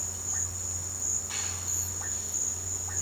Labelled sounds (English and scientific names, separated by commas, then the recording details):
none
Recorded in pastures near Puerto Asís, Putumayo, Colombia, on 8 March 2025 at 16:30
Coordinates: 0.466, -76.322
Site CSA-02